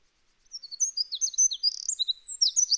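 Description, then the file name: Eurasian wren song, a loud, hurried burst of high, varied chirps and trills that begins after a short pause and runs to the end. "Troglodytes troglodytes"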